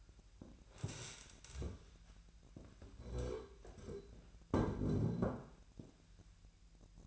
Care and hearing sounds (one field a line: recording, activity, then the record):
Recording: daily activity, microphone in the room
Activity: stand up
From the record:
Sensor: 2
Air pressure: 1001.4 hPa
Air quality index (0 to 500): 242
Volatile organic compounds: 76 ppm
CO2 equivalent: 3572 ppm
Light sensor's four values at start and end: 11/27/11/12 and 9/22/9/10